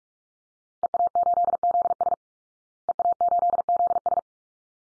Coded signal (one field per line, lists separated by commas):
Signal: Morse code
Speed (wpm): 44 wpm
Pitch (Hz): 700 Hz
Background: none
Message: EA8ZS EA8ZS